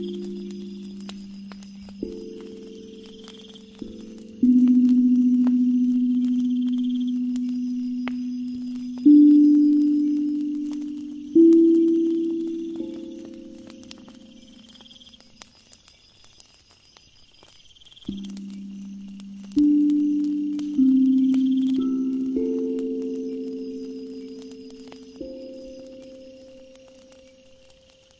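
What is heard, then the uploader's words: An ethereal drum plays slow, ringing low notes, each struck and left to fade, in two phrases with a quiet pause around the middle. Faint crackling of burning firewood pops throughout, and a thin, steady chirping of insects sits high above. 528Hz ethereal drum, bonfire, firewood sound, insects.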